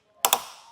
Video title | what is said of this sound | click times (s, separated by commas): etrailer - Installation Guide for the Yakima BaseLine FX Roof Rack - 2025 Ram 1500 | and you hear that click just make sure you hear the click on both that swing and drive bolt | 0.2 s, 0.3 s